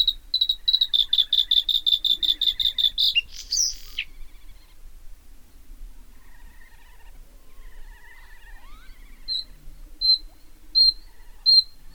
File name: bluethroat